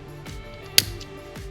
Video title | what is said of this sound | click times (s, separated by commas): How To Test and Refurbish a Cadillac Power Seat Switch | I give them a little push until they click. | 0.8 s